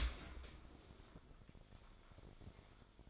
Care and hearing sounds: daily activity, microphone in the room; open dishwasher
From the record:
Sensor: 5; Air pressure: 1003.2 hPa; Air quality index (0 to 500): 133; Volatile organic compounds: 1 ppm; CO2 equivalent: 971 ppm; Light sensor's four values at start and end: 113/275/115/132 and 98/237/100/114

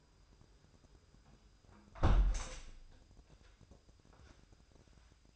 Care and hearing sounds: daily activity, microphone in the room; close window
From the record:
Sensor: 2

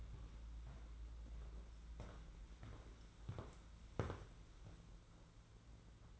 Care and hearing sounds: daily activity, microphone in the room; walk to room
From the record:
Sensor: 3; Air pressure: 992.0 hPa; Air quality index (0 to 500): 228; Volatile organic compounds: 1000 ppm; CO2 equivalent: 7839 ppm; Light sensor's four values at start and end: 25/75/31/26 and 25/73/30/25

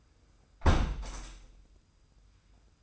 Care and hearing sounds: daily activity, microphone in the room; close window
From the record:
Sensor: 2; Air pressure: 990.2 hPa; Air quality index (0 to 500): 201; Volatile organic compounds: 1000 ppm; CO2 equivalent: 6430 ppm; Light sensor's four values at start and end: 23/55/22/22 and 24/56/23/23

